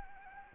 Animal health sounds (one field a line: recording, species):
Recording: mosquito wingbeat signal from an infrared sensor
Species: Anopheles gambiae